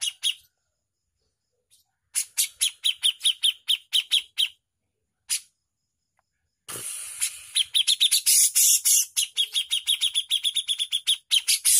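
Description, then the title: Javan bush lark singing quick strings of piercing chirps with gaps of silence, then a busy, harsh, overlapping flurry of high notes that continues to the end. Prolific (super gacor) song used as a master recording for training songbirds. "MASTERAN KICAUAN BRANJANGAN SUPER GACOR"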